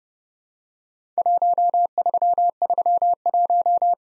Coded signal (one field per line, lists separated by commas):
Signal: Morse code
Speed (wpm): 30 wpm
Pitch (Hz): 700 Hz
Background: none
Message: 1331